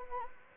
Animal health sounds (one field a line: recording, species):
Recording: mosquito wingbeat signal from an infrared sensor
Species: Anopheles gambiae